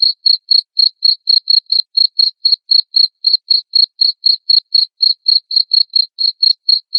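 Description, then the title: Cricket chirping: crisp, evenly spaced pulses, roughly four each second, repeating without a break against silence. Loud cricket chirping (ngerik), played to make lovebirds sing continuously (ngekek). "Suara JANGKRIK NGERIK Keras Bikin LOVEBIRD Jadi NGEKEK Terus Vubey"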